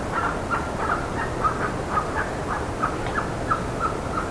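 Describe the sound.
Bird calls, short chirps repeated rapidly at a steady mid pitch over a constant hiss of background noise.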